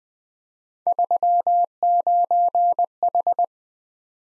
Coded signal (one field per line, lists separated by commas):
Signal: Morse code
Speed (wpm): 20 wpm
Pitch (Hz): 700 Hz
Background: none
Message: 39H